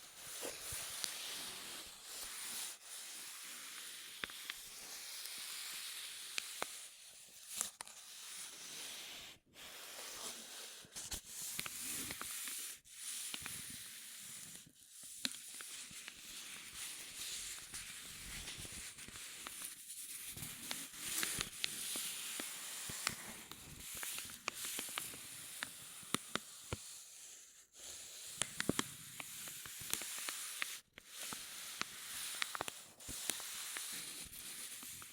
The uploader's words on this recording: Rubbing and Crinkles (NO TALKING).